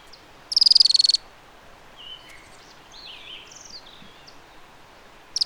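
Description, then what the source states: Thorn-tailed rayadito giving a high, fast trill of about a dozen slightly descending notes, with a second trill starting at the very end; faint thin notes from other birds between them. Recorded in Patagonia.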